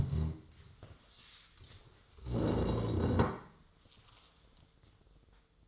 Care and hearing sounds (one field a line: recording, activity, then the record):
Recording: daily activity, microphone in the room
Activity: stand up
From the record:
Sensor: 3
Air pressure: 1005.4 hPa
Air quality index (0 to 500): 96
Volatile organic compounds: 3 ppm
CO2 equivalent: 1498 ppm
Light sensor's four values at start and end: 10/22/9/9 and 8/17/7/7